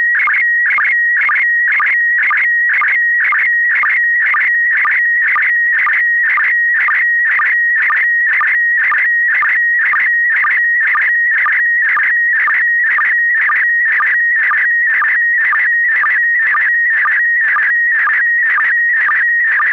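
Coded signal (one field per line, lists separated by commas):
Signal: SSTV (slow-scan television)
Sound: steady high tone broken by warbling scan bursts and short low blips, about two per second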